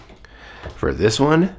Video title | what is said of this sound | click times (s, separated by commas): Metamor-Force Sentinel Fire Dagwon Review! | so that locks into place there | 0.2 s